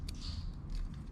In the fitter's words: there are two attachments this clicks into place